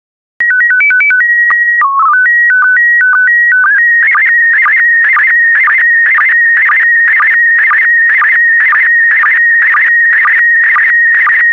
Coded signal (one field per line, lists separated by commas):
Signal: SSTV (slow-scan television)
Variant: PD 120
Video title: 131022 English Country Gardens SSTV PD120